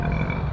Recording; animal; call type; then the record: contact call of a hoofed animal; wild boar; grunt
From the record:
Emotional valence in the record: positive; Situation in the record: naturally occurring affiliative interactions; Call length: 0.54 s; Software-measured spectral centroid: 1530 Hz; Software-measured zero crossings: 900 a second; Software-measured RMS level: -24 dBFS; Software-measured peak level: -12 dBFS